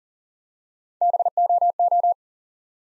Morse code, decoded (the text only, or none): BOO